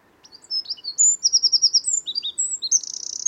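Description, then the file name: Eurasian wren with an energetic high song: sharp notes, a rapid trill, whistled slides, then a fast buzzy rattle continuing to the end. "Troglodytes troglodytes"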